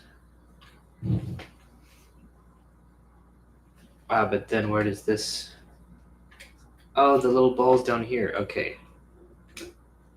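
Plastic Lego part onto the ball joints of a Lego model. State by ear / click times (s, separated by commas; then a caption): seated / 9.6 s. A plastic Lego part is fitted onto the ball joints of a Lego model while someone talks in bursts. A short, distinct snap is heard at 9.6 seconds as the part snaps into place and is seated.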